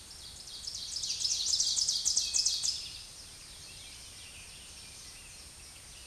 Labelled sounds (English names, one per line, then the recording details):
Ovenbird song
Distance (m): 15 m
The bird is about 5 m above the microphone
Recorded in a Pennsylvania forest on 16 May 2024 at 07:18
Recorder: AudioMoth, point MSD-2083
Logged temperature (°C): 16.7 °C
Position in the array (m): 147 m, 5 m